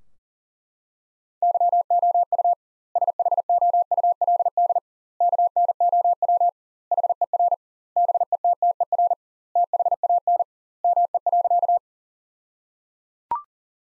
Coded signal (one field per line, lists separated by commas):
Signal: Morse code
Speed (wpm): 37 wpm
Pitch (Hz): 700 Hz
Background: none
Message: YOU SHOULD KNOW HER BETTER THAN ME.